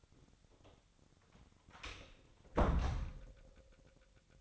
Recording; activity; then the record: daily activity, microphone in the room; close door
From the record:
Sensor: 3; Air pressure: 1007.2 hPa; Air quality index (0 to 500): 201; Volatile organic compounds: 17 ppm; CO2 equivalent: 2579 ppm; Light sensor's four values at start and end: 12/29/12/12 and 12/28/12/12